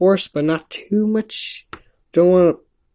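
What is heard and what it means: Someone talks while handling a clear plastic ball joint about to be pushed into an action figure's leg socket. Only speech is heard, and nothing has seated or clicked yet.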